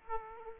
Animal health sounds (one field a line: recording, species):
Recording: mosquito wingbeat signal from an infrared sensor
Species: Aedes aegypti